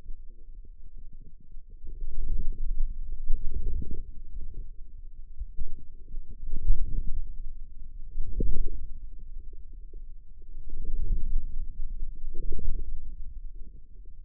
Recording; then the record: forearm muscle sounds (acoustic myography)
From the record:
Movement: inward rotation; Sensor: system 2, bracelet of six BSWA MPA416 microphones around the upper forearm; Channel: 6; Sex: female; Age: 21 years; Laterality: right